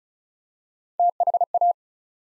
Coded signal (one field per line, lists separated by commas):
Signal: Morse code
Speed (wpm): 36 wpm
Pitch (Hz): 700 Hz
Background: none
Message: THA